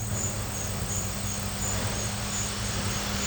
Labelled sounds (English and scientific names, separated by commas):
none